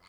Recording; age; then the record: pig call; piglet (1 to 25 days)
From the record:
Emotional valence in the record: positive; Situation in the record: short reunion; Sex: female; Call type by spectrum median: low-frequency call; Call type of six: low-frequency tonal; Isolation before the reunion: 3 minutes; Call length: 0.09 s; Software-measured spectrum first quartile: 1068 Hz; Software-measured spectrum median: 2089 Hz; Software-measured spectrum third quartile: 3834 Hz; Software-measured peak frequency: 2128 Hz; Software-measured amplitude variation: 58 dB a second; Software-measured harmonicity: 0.5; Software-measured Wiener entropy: -1.32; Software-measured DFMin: 506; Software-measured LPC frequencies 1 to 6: 1116, 2121, 3100, 4173, 4512, 6734 Hz